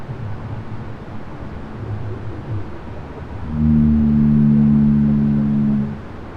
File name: Blue Whale B Call